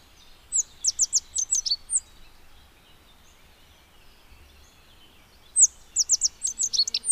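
Rock bunting song: two short bursts of sharp, high, clipped notes, about a second and a half each, separated by a few quiet seconds with faint background hiss.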